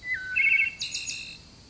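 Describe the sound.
Wood Thrush singing one phrase: a few clear fluty notes, then a higher buzzy trill, over quiet background.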